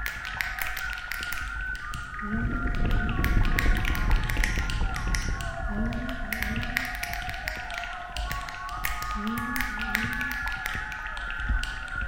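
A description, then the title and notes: Whistling with finger snapping: steady, held whistled tones with small pitch shifts run through the whole clip, over a dense stream of sharp snaps and taps. Short low rising swoops break in around 2, 6 and 9–10 seconds. Made with SooperLooper 1.7.3 and Qtractor 0.9.1 on Ubuntu Budgie 18.04 with KXStudio repos. All made from whistling and finger snapping recorded with Clevo laptop internal mic.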